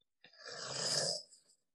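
An adult woman snoring in her sleep with her mouth closed while breathing through her nose, the obstruction felt at the back of the throat or tongue. Upper airway resistance syndrome, a form of sleep-disordered breathing seen in women, is suggested.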